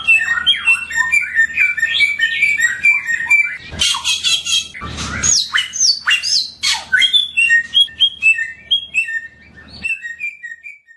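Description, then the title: Songbird delivering busy high chirping phrases broken by loud harsh squawking bursts midway, then tapering into softer twitters, with a low hum beneath most. Songbird named Samyong, singing actively (gacor) with piercing volume (volume tembus). "SAMYONG 1 MILYAR GACOR VOLUME TEMBUS [Burung Kicau"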